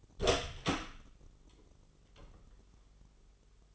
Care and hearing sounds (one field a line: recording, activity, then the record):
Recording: daily activity, microphone in the room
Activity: open door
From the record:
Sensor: 4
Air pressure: 996.9 hPa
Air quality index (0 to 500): 44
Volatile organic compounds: 1 ppm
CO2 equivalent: 702 ppm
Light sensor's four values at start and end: 19/45/18/19 and 19/44/18/19